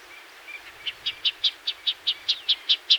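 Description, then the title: Black-crested warbler giving a rapid series of about ten sharp, high chip notes, growing louder, after a faint soft start. "Myiothlypis Nigrocristata"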